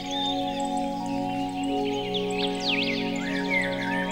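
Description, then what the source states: Birds giving high whistles and quick zigzag chirps, with a steady musical drone underneath. Birdsong mixed with music.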